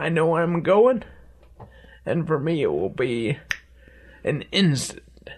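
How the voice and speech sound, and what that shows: Adult male speaker with dysarthria from aggressive bulbar-onset ALS, which begins in the tongue, lips and throat and affects speaking. His speech is slurred and has worsened quickly over less than four months. Swallowing is also becoming difficult. Short phrases are broken by long pauses.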